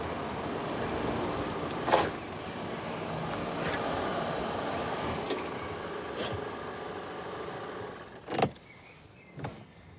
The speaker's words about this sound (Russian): Автомобиль Фрэнка припарковался у обочины.